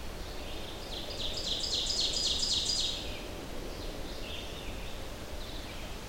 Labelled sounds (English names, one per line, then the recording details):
Ovenbird song
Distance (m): 30 m
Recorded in boreal forest in Alberta, Canada, on 23 June 2016 at 08:12
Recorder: SongMeter 3, array SBT-6-76
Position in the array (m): 25 m, 104 m
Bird 2